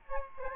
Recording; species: mosquito wingbeat signal from an infrared sensor; Aedes albopictus